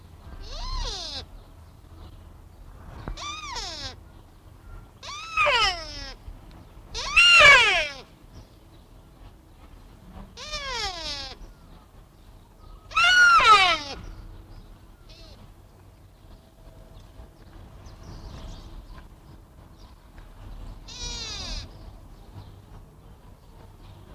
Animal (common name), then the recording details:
Sika Deer. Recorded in captivity. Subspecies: pseudaxis. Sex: male. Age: adult. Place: Tierpark Berlin, Berlin, DE. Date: 1960-02-20 12:30. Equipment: Reporter, Vollspur. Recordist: Tembrock, Günter